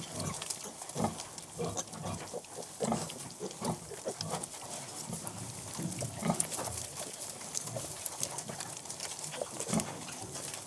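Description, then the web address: Domestic pig piglets suckling: continuous wet smacking and snuffling with rustling, in irregular bursts throughout. "The BBC Sound Effects Library. Piglets Sucking"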